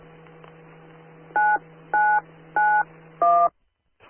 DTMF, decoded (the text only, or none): 9991